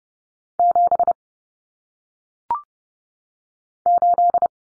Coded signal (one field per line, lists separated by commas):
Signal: Morse code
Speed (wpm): 30 wpm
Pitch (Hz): 700 Hz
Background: none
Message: 7 8